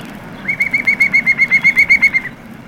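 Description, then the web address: Iberian green woodpecker giving a loud laughing call of many evenly spaced notes over about two seconds, against a soft low hum. Recorded in Spain. "spanishgreenwood"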